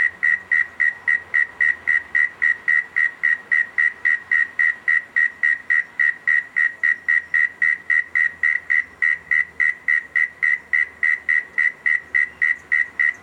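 Cricket chirping continuously, rapid even chirps in a long regular series.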